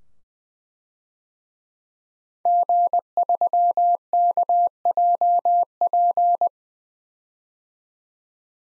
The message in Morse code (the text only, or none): G3KJP